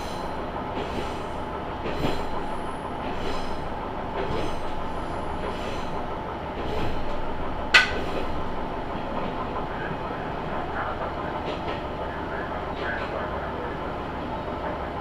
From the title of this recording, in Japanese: 天竜浜名湖鉄道 金指→西気賀→金指 往復